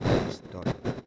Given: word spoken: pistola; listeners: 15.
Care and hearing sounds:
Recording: one Spanish word in noise, from a listening test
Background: noise modulated by one talker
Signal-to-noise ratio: -10.1 dB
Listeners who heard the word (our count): 1 of 15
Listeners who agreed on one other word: 8 of 15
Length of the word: 0.67 s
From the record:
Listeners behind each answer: 8, 2, 1, 1, 1, 1, 1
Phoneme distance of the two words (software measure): 24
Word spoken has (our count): 3 syllables, 7 phonemes, stress on syllable 2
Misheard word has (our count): 3 syllables, 7 phonemes, stress on syllable 2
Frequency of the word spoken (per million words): 22.32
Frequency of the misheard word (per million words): 378.81

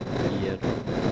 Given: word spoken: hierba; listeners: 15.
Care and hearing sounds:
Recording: one Spanish word in noise, from a listening test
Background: noise modulated by three-talker babble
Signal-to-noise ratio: -5.7 dB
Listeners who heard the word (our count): 1 of 15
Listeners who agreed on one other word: 9 of 15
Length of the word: 0.72 s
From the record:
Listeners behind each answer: 9, 3, 1, 1, 1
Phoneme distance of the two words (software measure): 27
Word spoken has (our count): 2 syllables, 5 phonemes, stress on syllable 1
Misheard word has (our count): 2 syllables, 4 phonemes, stress on syllable 1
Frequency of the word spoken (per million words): 12.74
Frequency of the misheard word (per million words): 47.78

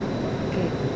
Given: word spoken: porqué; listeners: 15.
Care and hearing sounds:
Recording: one Spanish word in noise, from a listening test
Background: speech-shaped noise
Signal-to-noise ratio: -4.7 dB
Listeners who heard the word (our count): 3 of 15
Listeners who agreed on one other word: 9 of 15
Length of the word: 0.56 s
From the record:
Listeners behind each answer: 9, 3, 1, 1, 1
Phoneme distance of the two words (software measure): 21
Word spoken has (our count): 2 syllables, 5 phonemes, stress on syllable 2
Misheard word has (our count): 1 syllable, 2 phonemes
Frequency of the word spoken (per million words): 11.32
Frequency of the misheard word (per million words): 30688.85

